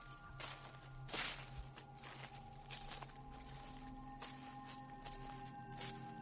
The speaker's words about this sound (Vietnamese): Lúc ngó đầu ra thì lại chẳng thấy gì, nhưng hễ cứ đặt chân xuống là tiếng bước chân lẹt xẹt lại vang lên.